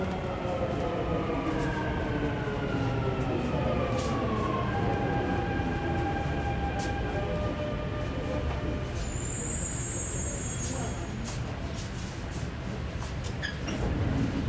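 A metro ride: a dense, steady low rumble of the train running on the rails fills the whole clip. Faint whining tones glide and fade in the first half, and a brief high squeal rises around nine to ten seconds.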